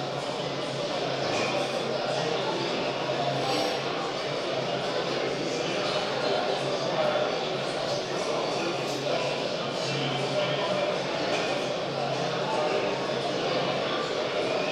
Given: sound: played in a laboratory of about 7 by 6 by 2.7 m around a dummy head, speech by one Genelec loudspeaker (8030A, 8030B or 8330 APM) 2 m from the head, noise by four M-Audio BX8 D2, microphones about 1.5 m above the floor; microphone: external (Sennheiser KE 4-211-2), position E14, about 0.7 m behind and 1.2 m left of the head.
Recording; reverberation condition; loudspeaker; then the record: cafeteria noise; high; four, about 170 cm from the corners of the room and facing them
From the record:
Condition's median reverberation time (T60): about 1300 ms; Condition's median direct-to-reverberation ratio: about -4.0 dB